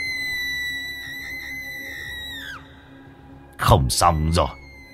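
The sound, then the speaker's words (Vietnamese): A distant, bloodcurdling scream from the other end of a village: a long, high, wavering cry that slides downward and fades, then after a short silence a louder, harsher shriek bursts out and breaks off. “Ở đầu bên kia của làng lại có tiếng hét vang lên rợn người, làm cho cả ông thầy Hà lẫn cô Linh rùng mình.”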